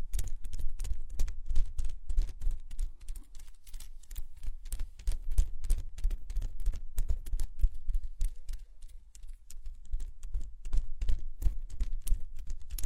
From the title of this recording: Massage the ears with plants, make circles around your ears